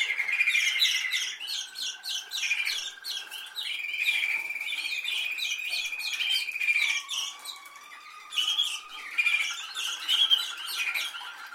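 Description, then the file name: Canary singing low, smooth rolls and higher chirping trills in alternation, each tour held for a few seconds. "Canary Voice"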